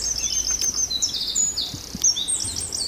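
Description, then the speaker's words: Eurasian wren song, a fast run of high, thin trills and twittering notes. Probably a male, one of a pair nesting here; sang just after moving in the tree. "To je ten střízlík a teďko nám pěkně zaspíval."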